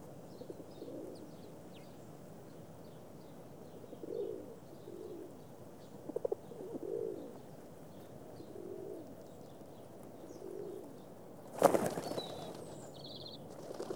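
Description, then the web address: Pigeons repeating soft, low coos at irregular intervals, then a sudden loud burst of noise. Pigeons feeding in a city, with distant traffic. "BBC Sound Effects Library. Atmospheres - Pigeons - feeding with distant traffic"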